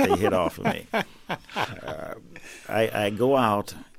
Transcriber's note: soundbite of laughter